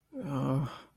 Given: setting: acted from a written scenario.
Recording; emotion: vocal sound without words; shame